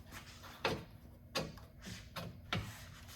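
A trailer wiring connector with release tabs is handled at its mounting hole in a new steel MetalCloak rear bumper on a diesel Gladiator, being pushed in so its tabs will snap in. Brief sharp knocks sound at about 0.7, 1.4, 2.2 and 2.5 seconds over faint rubbing and low background hum. Nothing has seated or clicked yet.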